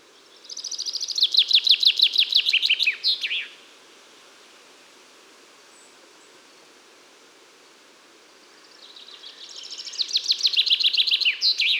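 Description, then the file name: Common chaffinch singing two phrases, each a fast run of sharp high notes ending in a flourish, separated by about five seconds of quiet. "Fringilla coelebs"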